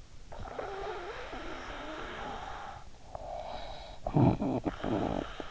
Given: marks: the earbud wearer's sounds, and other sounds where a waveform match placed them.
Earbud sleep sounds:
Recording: sounds in sleep by an in-ear microphone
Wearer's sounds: snoring breath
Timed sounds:
0.34-5.51 s: snoring breath

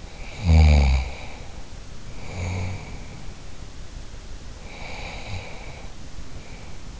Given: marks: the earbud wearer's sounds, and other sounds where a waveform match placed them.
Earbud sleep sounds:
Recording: sounds in sleep by an in-ear microphone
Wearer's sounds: snoring breath, breath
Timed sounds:
0.00-3.50 s: snoring breath
4.58-6.91 s: breath

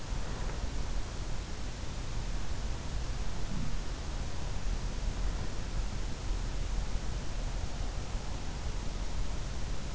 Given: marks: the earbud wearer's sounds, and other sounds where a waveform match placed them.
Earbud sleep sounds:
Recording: sounds in sleep by an in-ear microphone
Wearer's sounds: breath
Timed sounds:
0.00-0.82 s: breath

